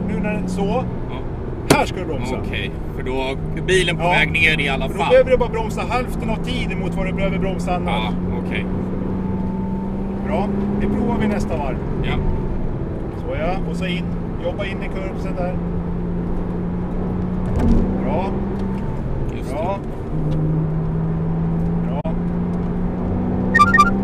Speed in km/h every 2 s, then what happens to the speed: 81, 71, 77, 81, 88, 100, 77, 75, 90, 84, 75, 89.
3-10 speeds up to 100. 10-12 brakes to 77. 20-24 speeds up to 89.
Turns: 2-6, 8-13, 19-24.